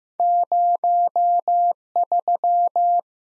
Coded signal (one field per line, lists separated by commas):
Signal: Morse code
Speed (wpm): 15 wpm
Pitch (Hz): 700 Hz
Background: none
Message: 03